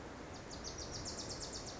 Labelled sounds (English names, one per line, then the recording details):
Bewick's Wren
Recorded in Sonoma County, California